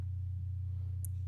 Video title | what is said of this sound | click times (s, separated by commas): Laptop repair videos Screen Back Cover Replacement Dell | the bottom there is the inverter snaps right in there's only one way to go in easy connector | 1.0 s